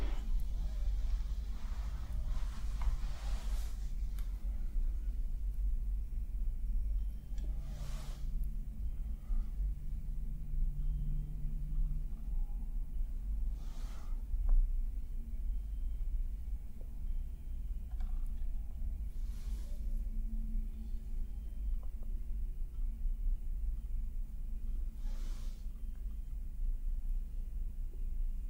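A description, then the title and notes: Face brushing and stroking over a constant deep rumble that fills the whole clip. Soft, airy brush strokes sweep through about every five or six seconds, each brief and bright, with quieter rubbing sounds murmuring between them. ASMR POV Friend Gives You Personal Attention for Sleep ~ face brushing, stroking & massage.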